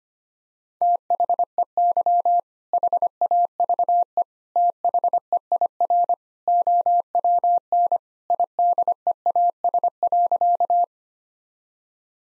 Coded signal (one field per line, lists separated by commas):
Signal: Morse code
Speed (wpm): 25 wpm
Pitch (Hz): 700 Hz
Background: none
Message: THEY HAVE THEIR OWN IDEAS.